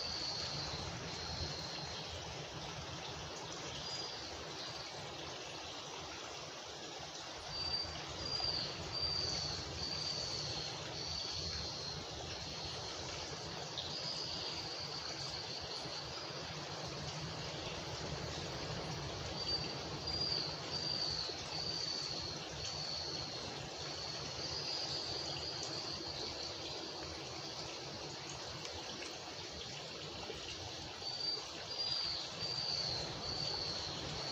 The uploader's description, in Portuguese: Floresta Tropical bioma Mata Atlântica